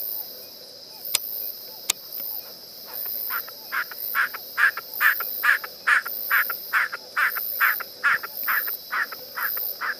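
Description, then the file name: Snipe giving rhythmic, rasping call notes, roughly two per second and unevenly loud, with two sharp clicks early on and constant insect drone behind. "Narceja"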